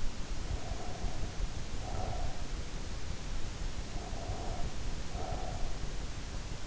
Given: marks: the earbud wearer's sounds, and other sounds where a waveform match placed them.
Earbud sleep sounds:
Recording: sounds in sleep by an in-ear microphone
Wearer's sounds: breath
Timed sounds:
0.45-2.63 s: breath
3.69-5.94 s: breath

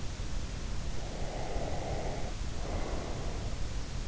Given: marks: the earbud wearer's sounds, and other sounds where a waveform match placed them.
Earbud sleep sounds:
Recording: sounds in sleep by an in-ear microphone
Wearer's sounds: breath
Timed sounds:
1.07-3.53 s: breath

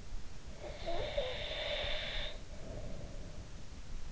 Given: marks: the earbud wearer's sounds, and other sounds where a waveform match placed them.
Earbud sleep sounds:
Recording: sounds in sleep by an in-ear microphone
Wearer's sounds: snoring breath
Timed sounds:
0.68-3.46 s: snoring breath

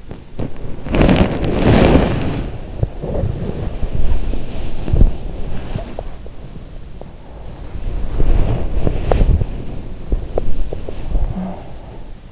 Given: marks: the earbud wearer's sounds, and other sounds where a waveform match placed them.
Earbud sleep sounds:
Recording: sounds in sleep by an in-ear microphone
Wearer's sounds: body movement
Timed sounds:
0.00-12.32 s: body movement

